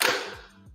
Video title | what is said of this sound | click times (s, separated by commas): Monday Commercial Appliance News | We'll install it into these grooves here. And you'll actually hear it click when it's in place. | 0.0 s